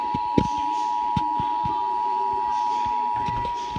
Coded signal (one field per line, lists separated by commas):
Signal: Emergency Alert System (SAME) tones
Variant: 853 and 960 Hz attention tone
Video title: EAS #37 Required Monthly Test